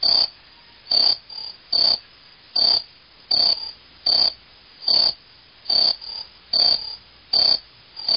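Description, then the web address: Insect chirping, brief rasping buzzy bursts repeated roughly every three quarters of a second in a fairly steady rhythm, with a quiet background. "animali insetti insetti insect"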